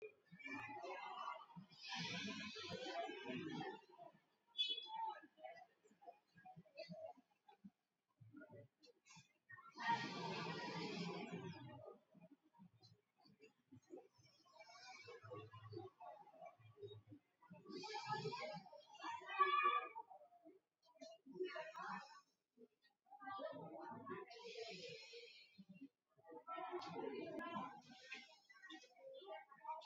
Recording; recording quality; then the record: deep breathing; moderate, slight background noise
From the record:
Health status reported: recovered from COVID-19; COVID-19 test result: positive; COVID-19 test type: RT-PCR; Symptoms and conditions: hypertension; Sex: male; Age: 54 years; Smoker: yes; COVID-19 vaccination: both doses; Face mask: worn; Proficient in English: yes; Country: India